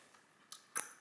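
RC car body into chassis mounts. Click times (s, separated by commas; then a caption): 0.5 s, 0.8 s. An RC car's plastic body, which needs no body pins, is pressed down onto the chassis so it clips into the square mounts on top. Two sharp plastic clicks are heard, at 0.5 s and a louder one at 0.8 s, and the body is seated.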